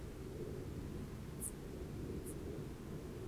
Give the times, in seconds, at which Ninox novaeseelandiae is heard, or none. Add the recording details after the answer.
none. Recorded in New Zealand on 1 June 2017. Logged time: 19:46. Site Taranaki